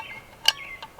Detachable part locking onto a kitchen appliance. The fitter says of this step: and it just locks right into place that's cool